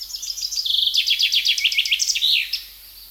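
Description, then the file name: Common chaffinch singing a fast run of crisp repeated notes descending in pitch, ending with a short emphatic terminal flourish, then quiet. "Fringilla coelebs"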